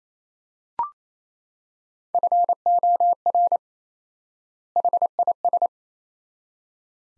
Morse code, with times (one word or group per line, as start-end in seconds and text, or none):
2.1-3.6 FOR
4.8-5.7 HIS